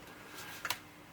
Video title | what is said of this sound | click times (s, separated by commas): No Thank you...5M Telescopic Ladder Amazon VS TEMU by Benson Chik | can be extended until it clicks in place | 0.7 s